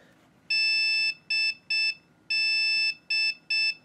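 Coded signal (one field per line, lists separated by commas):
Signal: beep code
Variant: ASUS server motherboard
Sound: buzzy electronic beeps: one long, two short, repeated twice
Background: quiet room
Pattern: 1 long, 2 short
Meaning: Memory error, as the video states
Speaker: so that made no difference so it is still giving me a memory error even though it has memory in it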